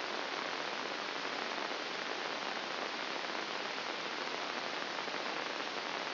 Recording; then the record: brain microelectrode recording played as sound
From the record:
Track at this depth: inside the subthalamic nucleus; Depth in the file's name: 2.704 mm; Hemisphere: left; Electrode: 2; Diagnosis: Parkinson's disease